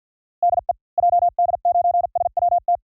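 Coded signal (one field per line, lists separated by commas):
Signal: Morse code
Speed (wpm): 50 wpm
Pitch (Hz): 680 Hz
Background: none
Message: DE JD9SWT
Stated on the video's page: Random Japanese call signs sent in Morse at speeds from 45 to 55 WPM, 400 calls, for training.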